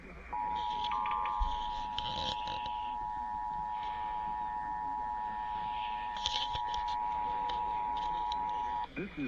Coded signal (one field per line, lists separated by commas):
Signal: Emergency Alert System (SAME) tones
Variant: 853 and 960 Hz attention tone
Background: speech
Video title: ON THIS EPISODE OF "MORE FAILS TO EXPERIENCE"... EAS Tests from February 2025 (EAS #5,506 - 5,560)